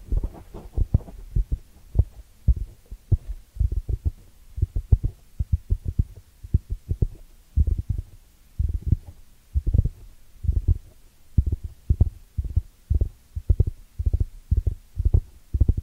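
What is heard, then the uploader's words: Ear cleaning sounds come as muffled, low thumps and brushes, repeating steadily about twice a second, bunched more unevenly in the opening seconds. Ear Cleaning Triggers.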